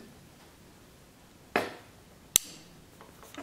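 The steel hammer of a chambered Tisas Fatih 13 pistol, a Beretta 84 Cheetah clone, is lowered by hand so it can be carried with a round in the chamber. After a dull knock at 1.6 s, a sharp, bright click at 2.4 s marks the sear catching the hammer in the half-cock notch, followed by faint small handling noises. The hammer is seated in half-cock.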